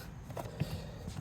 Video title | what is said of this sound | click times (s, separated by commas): Why You Need Seat Jackers Installed | click and it's secure | 0.6 s